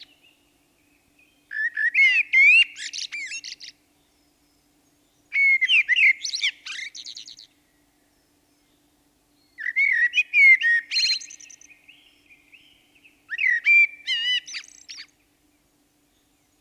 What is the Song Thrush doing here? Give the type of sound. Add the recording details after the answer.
song. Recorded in the wild. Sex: male. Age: adult. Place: Breitenbach, Baden-Württemberg, DE. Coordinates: 49.0417, 10.2128. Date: 1971-04-28. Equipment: Uher Report 4200, Scotch-Classic 19cm, AKG D190C in Doppelparabolreflektoren. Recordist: Krey, Winfried